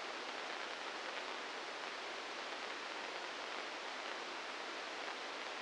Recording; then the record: brain microelectrode recording played as sound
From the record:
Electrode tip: inside the subthalamic nucleus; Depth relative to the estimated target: -1 mm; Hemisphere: right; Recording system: NeuroSet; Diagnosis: Parkinson's disease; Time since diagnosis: 15 years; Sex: female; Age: 59 years